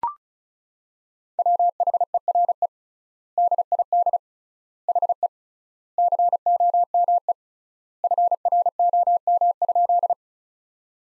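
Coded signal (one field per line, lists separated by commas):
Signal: Morse code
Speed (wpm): 36 wpm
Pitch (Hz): 700 Hz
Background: none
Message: WHERE DID HE COME FROM?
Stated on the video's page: Practice sentences from the top 200 words at 35 wpm with 3x standard word spacing, a Farnsworth-like method for head-copy training.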